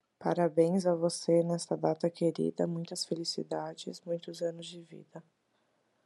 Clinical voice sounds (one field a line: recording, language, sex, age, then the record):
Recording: short text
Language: Brazilian Portuguese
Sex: female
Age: 20 to 29 years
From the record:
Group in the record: control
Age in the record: 27 years